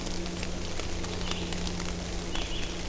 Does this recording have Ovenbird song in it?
no